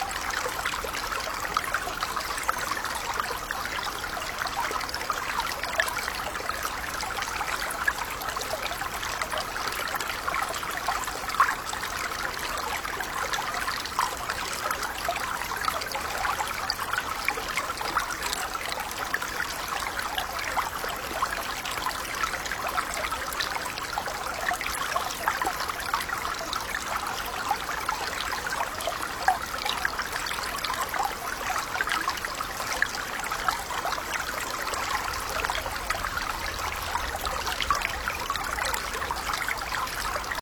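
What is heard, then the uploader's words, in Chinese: Moderate flowing water runs steadily and densely throughout, a bright rushing with a strong mid-range hiss and no distinct events. 水流适度。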